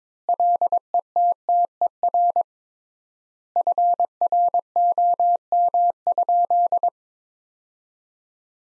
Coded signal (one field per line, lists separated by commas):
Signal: Morse code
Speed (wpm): 21 wpm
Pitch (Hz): 700 Hz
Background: none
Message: LETTER FROM?